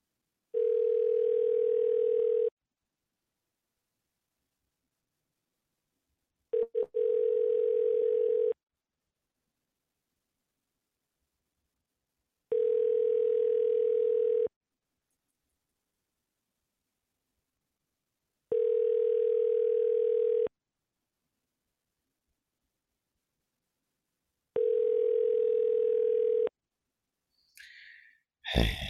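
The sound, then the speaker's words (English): A steady, mid-pitched ringback tone of an outgoing call to a water damage removal company sounds five times in regular two-second bursts separated by long silent gaps, followed by a brief rustle at the end. “wake up and answer the phone, please.”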